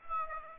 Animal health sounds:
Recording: mosquito wingbeat signal from an infrared sensor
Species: Aedes aegypti

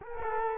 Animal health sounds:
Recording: mosquito wingbeat signal from an infrared sensor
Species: Culex quinquefasciatus

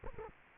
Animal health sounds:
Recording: mosquito wingbeat signal from an infrared sensor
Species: Culex quinquefasciatus

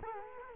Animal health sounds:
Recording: mosquito wingbeat signal from an infrared sensor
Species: Culex quinquefasciatus

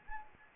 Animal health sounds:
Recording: mosquito wingbeat signal from an infrared sensor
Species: Anopheles gambiae

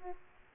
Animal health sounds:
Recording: mosquito wingbeat signal from an infrared sensor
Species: Aedes aegypti

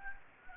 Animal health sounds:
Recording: mosquito wingbeat signal from an infrared sensor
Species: Anopheles gambiae

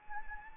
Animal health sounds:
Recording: mosquito wingbeat signal from an infrared sensor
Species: Anopheles arabiensis

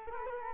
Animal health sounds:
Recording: mosquito wingbeat signal from an infrared sensor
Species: Culex quinquefasciatus

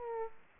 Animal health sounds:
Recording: mosquito wingbeat signal from an infrared sensor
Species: Aedes aegypti

